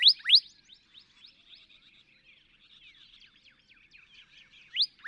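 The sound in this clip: Northern cardinal giving pairs of sharp rising whistles at the start and end, with faint, soft chattering notes in between.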